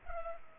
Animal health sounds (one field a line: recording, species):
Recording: mosquito wingbeat signal from an infrared sensor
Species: Culex pipiens